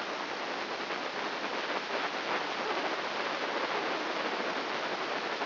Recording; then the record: brain microelectrode recording played as sound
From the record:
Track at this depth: outside the subthalamic nucleus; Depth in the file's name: 0.806 mm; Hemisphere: right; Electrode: 2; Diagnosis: Parkinson's disease